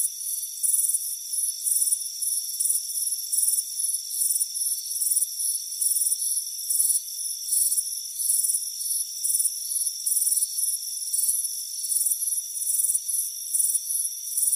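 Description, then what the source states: Dense cricket chirping: quick, bright pulses tumbling out several times a second above a steady background trill. Crickets chirping on a warm afternoon on a front porch.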